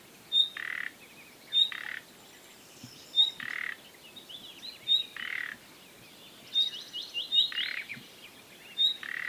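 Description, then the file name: Common nightingale calling: thin piercing whistles alternating with harsh rasping croaks, repeated steadily, with a brief burst of fast chattering notes partway through. "Luscinia megarhynchos"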